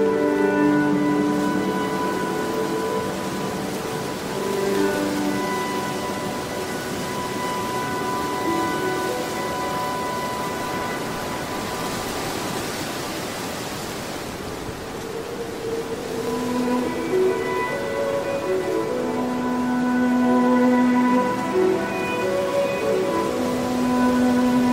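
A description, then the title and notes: Wind blows as a steady, full rushing hiss throughout, staying fairly even in level. Under it, violin music plays sustained, slow notes in the lower and middle range, with held tones shifting every few seconds and a brief dip in the wind near fifteen seconds. Relaxing wind sounds with relaxing violin music.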